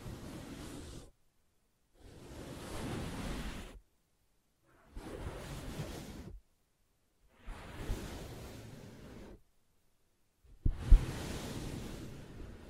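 Soft scratching on a fabric surface comes in five separate rubbing passes, each lasting one to two seconds with a hushed, airy texture and fuller low rustle. Near-silent gaps fall between them, and a single sharp tap lands late, near eleven seconds.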